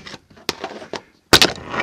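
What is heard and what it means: Steady downward pressure on an interior trim panel of a rally car being stripped works its plastic clips out of the car body, with sharp pops at 0.5 s and 1.4 s among softer creaks and rustles. The second pop is the loudest, and the clips come free, releasing the panel.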